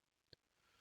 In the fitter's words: temps d'entendre le petit clic voilà